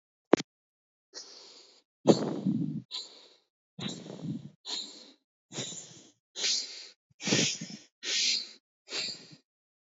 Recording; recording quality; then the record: shallow breathing; excellent, no background noise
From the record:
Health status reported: healthy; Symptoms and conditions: none ticked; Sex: male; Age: 24 years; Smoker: not ticked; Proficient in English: yes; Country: India